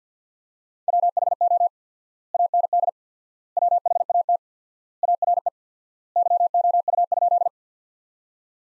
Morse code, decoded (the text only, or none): WHO AND WHAT ARE YOU?